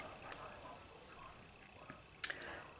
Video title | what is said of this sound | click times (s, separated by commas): How to: Covid test kit and Youtube removing videos | pushed firmly it doesn't click but | 2.2 s